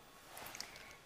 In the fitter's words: the back of the motorised floor brush and push down until you hear it click into place next